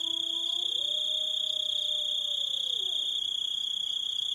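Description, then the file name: Grasshopper trill: a continuous high, even ringing tone, with a low droning hum at the start that slides slightly before fading out. "zvuki kuznechika"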